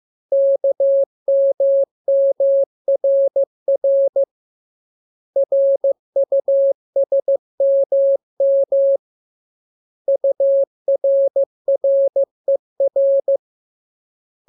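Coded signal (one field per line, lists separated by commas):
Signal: Morse code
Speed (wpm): 15 wpm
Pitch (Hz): 550 Hz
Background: none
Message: KMMRR RUSMM URRER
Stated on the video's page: Morse lesson drill of letters K, M, U, R, E, S, opened with VVV and section sign, closed with AR.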